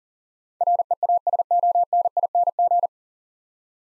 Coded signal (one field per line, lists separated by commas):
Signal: Morse code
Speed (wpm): 37 wpm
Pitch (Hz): 700 Hz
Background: none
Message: REASONING